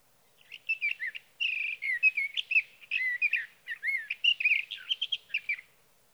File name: Sage Thrasher